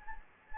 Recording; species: mosquito wingbeat signal from an infrared sensor; Anopheles gambiae